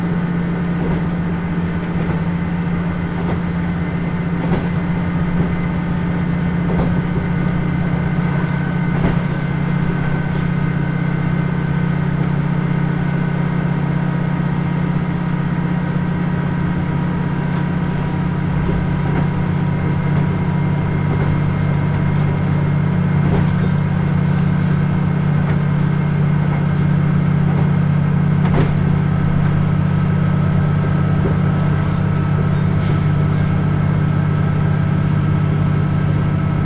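Onboard the Kyushu Odan limited express on the Hohi Line, a steady low engine drone and rumble hold throughout with a constant hum. Faint clicks and knocks from the track come irregularly, a few sharper ones near 9, 19 and 29 seconds.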